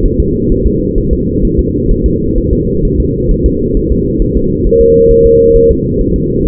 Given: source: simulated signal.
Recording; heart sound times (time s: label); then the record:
fetal heart sounds
0.05 s: S1
0.20 s: S2
0.52 s: S1
0.66 s: S2
0.98 s: S1
1.13 s: S2
1.45 s: S1
1.59 s: S2
1.91 s: S1
2.06 s: S2
2.38 s: S1
2.53 s: S2
2.85 s: S1
3.00 s: S2
3.31 s: S1
3.46 s: S2
3.77 s: S1
3.92 s: S2
4.22 s: S1
4.37 s: S2
4.67 s: S1
4.81 s: S2
5.11 s: S1
5.26 s: S2
5.56 s: S1
5.71 s: S2
6.01 s: S1
6.16 s: S2
6.47 s: S1
From the record:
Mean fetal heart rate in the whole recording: 130 bpm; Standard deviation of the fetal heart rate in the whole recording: 4 bpm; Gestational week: 38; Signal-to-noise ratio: -14.7 dB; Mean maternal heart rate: 72 bpm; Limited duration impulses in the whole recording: present